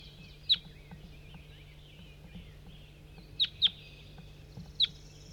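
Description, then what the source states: Crossbill calls, sharp high single chips, one then a quick pair and another, scattered over five seconds above a low steady hum. Individual bird numbered 4-3.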